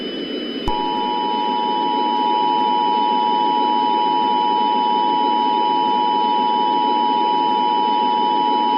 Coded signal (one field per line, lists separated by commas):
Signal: Emergency Alert System (SAME) tones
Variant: 853 and 960 Hz attention tone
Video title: EAS Scenario: The Midnight Sun: 2025 REMASTERED. #easscenario